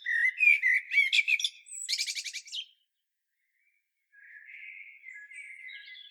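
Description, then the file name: Common blackbird song: a mellow fluted warble ending in a squeaky high twitter, then after a pause a softer, lower warbled phrase. "Turdus merula"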